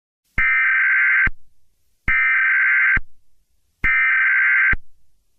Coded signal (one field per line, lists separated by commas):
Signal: Emergency Alert System (SAME) tones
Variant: header bursts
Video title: EAS Nationwide Test